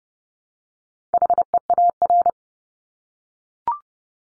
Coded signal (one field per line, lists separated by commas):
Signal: Morse code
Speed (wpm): 30 wpm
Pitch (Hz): 700 Hz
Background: none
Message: HEAR